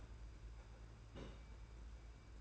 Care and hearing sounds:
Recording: daily activity, microphone in the room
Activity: place on stove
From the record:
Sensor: 2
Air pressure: 991.8 hPa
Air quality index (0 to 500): 233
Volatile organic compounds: 1000 ppm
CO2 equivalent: 7813 ppm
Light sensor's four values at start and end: 18/57/22/20 and 18/57/22/20

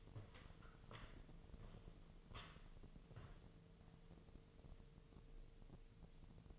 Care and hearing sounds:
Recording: daily activity, microphone in the room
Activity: walk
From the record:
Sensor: 4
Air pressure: 1006.3 hPa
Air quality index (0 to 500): 87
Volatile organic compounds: 2 ppm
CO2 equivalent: 1078 ppm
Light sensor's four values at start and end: 12/27/11/10 and 12/27/11/10

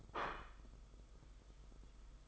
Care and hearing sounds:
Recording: daily activity, microphone in the room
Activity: place plate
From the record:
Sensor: 5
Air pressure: 991.0 hPa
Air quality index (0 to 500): 141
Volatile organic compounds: 107 ppm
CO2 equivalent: 3797 ppm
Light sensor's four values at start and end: 39/121/46/49 and 39/121/46/49

